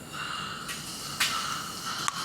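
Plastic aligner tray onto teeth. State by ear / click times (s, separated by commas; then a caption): not seated / none. A clear plastic dental aligner tray is being handled and fitted toward the teeth. Soft, breathy handling noise runs throughout, with a brief broadband burst around 1.2 s and a sharp tick near 2.1 s. Nothing has seated or clicked into place yet.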